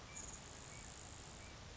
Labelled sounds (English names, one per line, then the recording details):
Grasshopper Sparrow
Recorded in Sonoma County, California